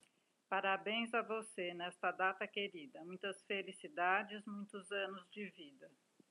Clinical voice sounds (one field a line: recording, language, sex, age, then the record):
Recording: short text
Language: Brazilian Portuguese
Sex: female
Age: 60 to 69 years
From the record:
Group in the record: control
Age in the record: 63 years